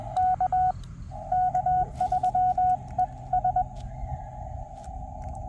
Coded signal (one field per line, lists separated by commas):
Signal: Morse code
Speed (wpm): 20 wpm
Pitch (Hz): 740 Hz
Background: none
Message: K K3ES